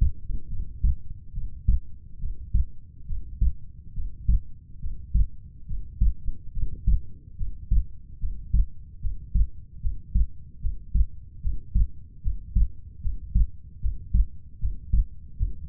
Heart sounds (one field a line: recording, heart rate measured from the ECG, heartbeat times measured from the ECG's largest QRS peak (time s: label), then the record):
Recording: heart sounds by stethoscope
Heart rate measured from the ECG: 73 bpm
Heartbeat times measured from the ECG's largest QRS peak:
0.49 s: heartbeat
1.33 s: heartbeat
2.19 s: heartbeat
3.06 s: heartbeat
3.94 s: heartbeat
4.80 s: heartbeat
5.66 s: heartbeat
6.52 s: heartbeat
7.36 s: heartbeat
8.19 s: heartbeat
9.00 s: heartbeat
9.80 s: heartbeat
10.60 s: heartbeat
11.41 s: heartbeat
12.21 s: heartbeat
13.01 s: heartbeat
13.80 s: heartbeat
14.59 s: heartbeat
15.36 s: heartbeat
From the record:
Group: healthy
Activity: breath hold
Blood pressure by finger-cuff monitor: 107/68 mmHg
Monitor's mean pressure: 83 mmHg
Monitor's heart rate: 73 bpm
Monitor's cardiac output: 6.6 L/min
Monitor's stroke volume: 89 mL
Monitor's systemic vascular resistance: 930 dyn s/cm5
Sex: female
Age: 22 years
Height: 160 cm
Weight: 45 kg